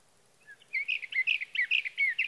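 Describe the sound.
Sage thrasher song: a rapid jumble of warbled, slurred phrases starting softly and running on continuously.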